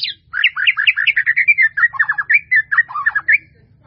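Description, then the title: White-rumped Shama song: a fast, continuous run of many bright, swooping whistled notes lasting about three seconds, with a faint low rumble beneath. "murai batu"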